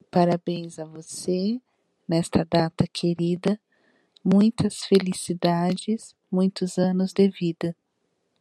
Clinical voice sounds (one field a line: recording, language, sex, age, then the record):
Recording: short text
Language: Brazilian Portuguese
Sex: female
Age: 50 to 59 years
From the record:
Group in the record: control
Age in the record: 53 years